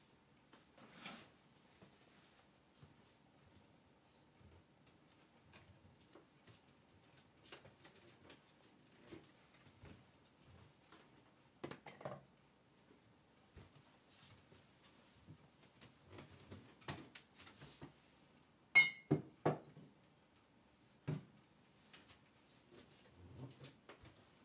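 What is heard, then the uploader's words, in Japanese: Cooking eggplant stewed in tomato: sparse, irregular clicks and knocks of utensils over quiet gaps, with sharper clatters near 19 and 21 seconds. 環境音 ナスのトマト煮込み。ベーコンの代わりにちくわをいれてみました。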